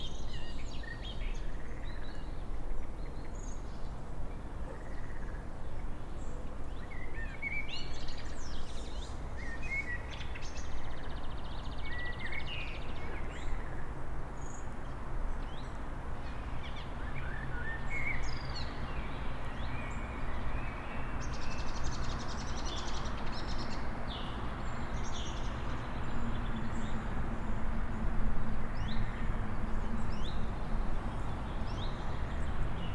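Birds and frogs in Pawłowicki Park, Wrocław: a steady, dense low rumble and murmur runs throughout, with scattered bird chirps and short calls sprinkled above it. The level stays fairly even for the whole stretch, with slight swells near the end.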